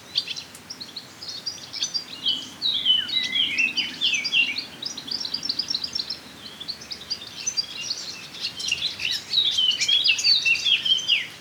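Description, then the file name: Eurasian blackcap giving a long, rambling warble of quick chattering and fluty notes, with louder bursts early on and near the end. "Sylvia atricapilla"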